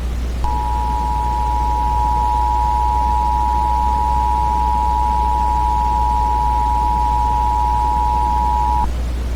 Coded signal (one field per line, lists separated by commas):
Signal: Emergency Alert System (SAME) tones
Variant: 853 and 960 Hz attention tone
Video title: The Thanksgiving Virus - EAS Scenario